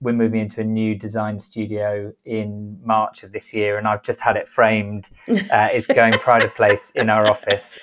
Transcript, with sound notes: And we’re moving into a new design studio in March of this year, and I’ve just had it framed. (laughs). It’s going ‘pride of place’ in our office,